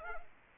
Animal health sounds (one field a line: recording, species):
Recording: mosquito wingbeat signal from an infrared sensor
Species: Culex pipiens